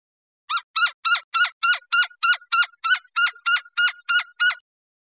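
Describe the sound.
Gila woodpecker calling in a steady run of about fourteen loud, nasal, yelping notes, evenly spaced at roughly three per second, with nothing else audible.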